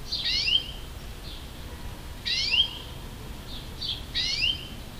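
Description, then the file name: European greenfinch calls, three harsh buzzy notes sweeping down from high pitch, roughly every two seconds, with fainter short notes between them over a quiet background. "Chloris chloris"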